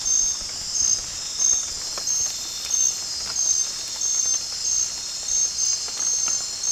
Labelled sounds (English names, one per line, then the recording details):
none
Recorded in pastures near Puerto Asís, Putumayo, Colombia, on 29 June 2025 at 23:30
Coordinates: 0.466, -76.322
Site GP07